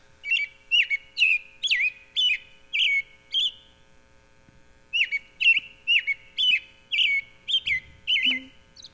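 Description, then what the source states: American robin song: short whistled phrases, about two per second, in two bursts separated by a brief pause. Played on air; rolling back and forth, a nice sweet song; in Wisconsin pairs nest at least twice a year, exceptionally three broods.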